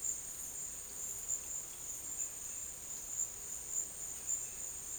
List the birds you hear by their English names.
none